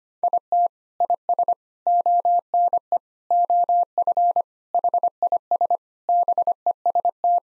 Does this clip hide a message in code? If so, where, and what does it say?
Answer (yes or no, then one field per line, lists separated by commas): yes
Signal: Morse code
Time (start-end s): 0.2-7.4 s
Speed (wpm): 25 wpm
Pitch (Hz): 700 Hz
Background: none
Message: IT IS ONE OF HIS BEST